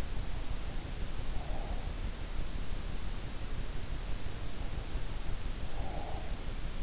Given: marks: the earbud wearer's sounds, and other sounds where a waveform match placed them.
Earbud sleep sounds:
sounds in sleep by an in-ear microphone; breath
0.87-2.47 s: breath
5.42-6.82 s: breath

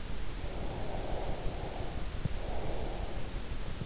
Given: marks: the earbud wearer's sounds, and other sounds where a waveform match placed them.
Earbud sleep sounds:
sounds in sleep by an in-ear microphone; breath
0.56-3.41 s: breath

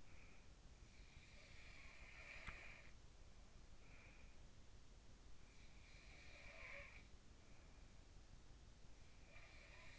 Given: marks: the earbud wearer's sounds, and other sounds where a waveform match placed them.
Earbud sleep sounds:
sounds in sleep by an in-ear microphone; breath
0.00-0.71 s: breath
1.32-3.15 s: sound from someone else or the room
3.74-4.65 s: breath
5.83-7.92 s: sound from someone else or the room
8.88-9.99 s: sound from someone else or the room

